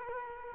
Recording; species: mosquito wingbeat signal from an infrared sensor; Culex quinquefasciatus